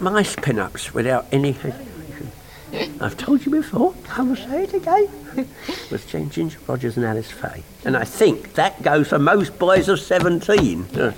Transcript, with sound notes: My pin-ups, without any, I've told you before. I will say it again. [laughs] Was Ginger Rogers and Alice Faye. And I think that goes for most boys of seventeen!